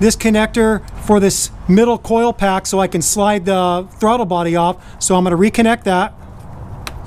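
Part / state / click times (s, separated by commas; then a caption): wiring connector into ignition coil pack / seated / 6.9 s. Someone talks while the electrical connector is pushed back onto the middle ignition coil pack, where it had been disconnected so the throttle body could slide off. A sharp snap at 6.9 s marks the connector seating, and it is then tugged to confirm it is firmly on.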